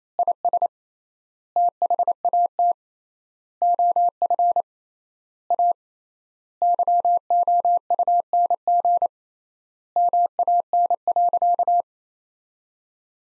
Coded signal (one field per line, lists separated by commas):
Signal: Morse code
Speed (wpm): 27 wpm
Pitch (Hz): 700 Hz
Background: none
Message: IS THAT OF A YOUNG MAN.